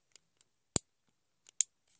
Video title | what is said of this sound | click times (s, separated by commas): Spray painting PS2 and assemble PS3 remote | that's that you want to make sure you hear that pop | 0.8 s, 1.6 s